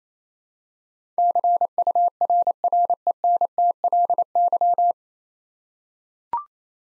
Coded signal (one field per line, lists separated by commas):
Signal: Morse code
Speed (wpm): 28 wpm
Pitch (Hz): 700 Hz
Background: none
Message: CURRENTLY